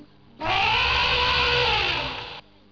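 A single long, drawn-out cat meow lasting about two seconds, loud and clearly pitched, rising slightly and then easing down before cutting off, with no one talking.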